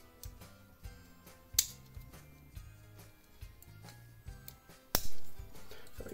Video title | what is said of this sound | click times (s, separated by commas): Flaming titanium Victorinox scales black!!! | There we go, got that snap in place. | 4.9 s